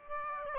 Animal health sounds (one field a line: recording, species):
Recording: mosquito wingbeat signal from an infrared sensor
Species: Aedes aegypti